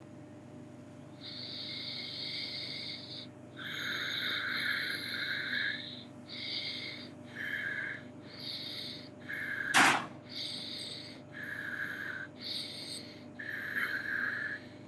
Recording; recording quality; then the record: shallow breathing; excellent, no background noise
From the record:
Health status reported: COVID-19 positive, mild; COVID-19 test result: positive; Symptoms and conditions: breathing difficulty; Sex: male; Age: 47 years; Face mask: worn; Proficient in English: yes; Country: India